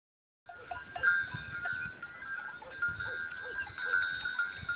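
Goat bleating over a steady ringing tone, with soft irregular low thuds and shuffling beneath.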